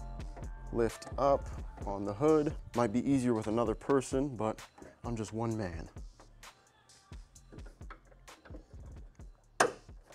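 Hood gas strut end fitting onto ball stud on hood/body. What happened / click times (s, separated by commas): A ball-socket strut end snaps onto its stud / 9.6 s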